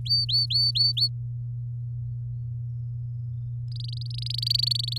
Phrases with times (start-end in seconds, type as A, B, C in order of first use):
0.05-1.08 A, 3.68-4.98 B